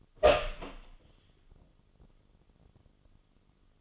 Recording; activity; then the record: daily activity, microphone in the room; open door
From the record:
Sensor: 4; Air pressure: 1005.8 hPa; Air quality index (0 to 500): 69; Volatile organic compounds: 1 ppm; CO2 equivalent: 830 ppm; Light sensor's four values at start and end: 13/31/12/11 and 13/30/12/11